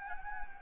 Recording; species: mosquito wingbeat signal from an infrared sensor; Anopheles gambiae